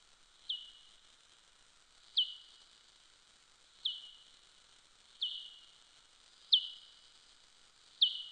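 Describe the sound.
Soprano pipistrelle calls: six loud, high, downward-flicking chirps with fading tails, repeated steadily about every one and a half seconds over faint background hiss.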